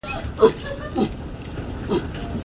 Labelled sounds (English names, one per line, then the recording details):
Chimpanzee
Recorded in captivity
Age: adult
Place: Oderberg, Brandenburg, DE
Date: 1969-06-02
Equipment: Uher 4200 Report Stereo, Sennheiser MD 421
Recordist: Tembrock, Günter
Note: Zirkus "Milano": Kurzlaute